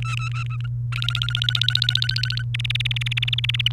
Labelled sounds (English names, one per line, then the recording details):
Domestic Canary song
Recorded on 28 April 2018 at 13:46
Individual llb3